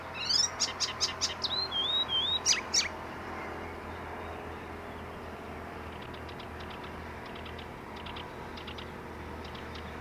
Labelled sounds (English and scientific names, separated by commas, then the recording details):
Icterine Warbler (Hippolais icterina)
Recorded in the wild
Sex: male
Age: adult
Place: Baiersdorf, Bayern, DE
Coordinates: 49.6578, 11.0319
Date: 1962-06-13
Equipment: Stellavox SM 5, Original, Vollspur
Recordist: Tretzel, Erwin